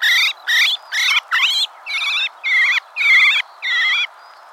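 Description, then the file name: Common blackbird calls: eight rasping, wavering notes in a quick, slightly uneven series, then a brief quiet moment. "Turdus merula"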